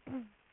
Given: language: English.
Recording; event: throat vibration sensor signal played as sound; throat clearing